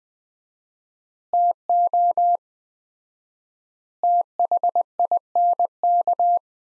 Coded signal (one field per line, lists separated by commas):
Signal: Morse code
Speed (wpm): 20 wpm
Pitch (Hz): 700 Hz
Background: none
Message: TO THINK